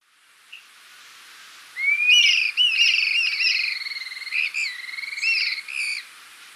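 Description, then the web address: Dusky-capped flycatcher giving a long rolling, trilled whistle that starts with a rising note and runs on for about four seconds in a quiet background. Recorded in Ecuador, South America. "Natures Songs S America Birds of Ecuador Dusky-capped Flycatcher"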